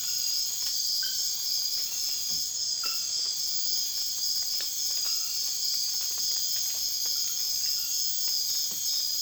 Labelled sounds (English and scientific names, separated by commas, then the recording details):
none
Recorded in secondary vegetation near Puerto Asís, Putumayo, Colombia, on 19 June 2025 at 23:00
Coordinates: 0.485, -76.322
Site GP06